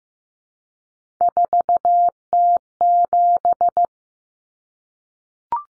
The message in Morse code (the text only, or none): 4T7